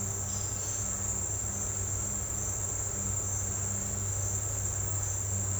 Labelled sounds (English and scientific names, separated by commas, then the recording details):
none
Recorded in dense forest near Puerto Asís, Putumayo, Colombia, on 16 December 2024 at 08:30
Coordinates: 0.468, -76.322
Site G071